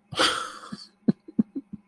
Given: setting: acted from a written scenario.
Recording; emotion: vocal sound without words; sadness